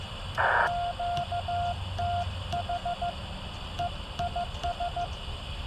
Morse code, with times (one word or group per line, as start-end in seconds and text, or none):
0.6-3.1 QTH
3.8-5.1 EIS